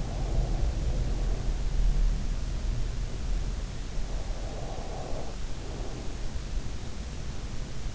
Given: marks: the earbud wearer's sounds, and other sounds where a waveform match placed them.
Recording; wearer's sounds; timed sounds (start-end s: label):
sounds in sleep by an in-ear microphone; breath
0.00-1.98 s: breath
4.02-6.58 s: breath